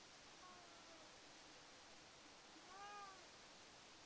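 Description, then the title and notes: Domestic cat giving one short faint meow, then a clearer arched meow near the end, over steady background hiss. Family cat Uchan (Uruchi), a male, has caught a mouse and carries it in its mouth to show off; backyard covered with fallen leaves, 10 a.m., sunny morning. "うーちゃん🐈‍⬛、ネズミ捕まえる. 朝10時 晴れ/落ち葉が舞積もった裏庭/我が家のメンバーであるネコのうーちゃん-正式には「ウルチ」くん-が、ネズミを捕まえた"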